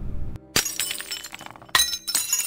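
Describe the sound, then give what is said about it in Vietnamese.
Glass shatters in a kitchen downstairs with a sudden bright crash, followed by tinkling fragments scattering, then a second loud smash and more clinking debris settling. “Có tiếng đổ vỡ dưới bếp.”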